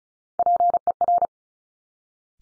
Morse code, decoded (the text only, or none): PER